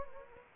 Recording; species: mosquito wingbeat signal from an infrared sensor; Anopheles gambiae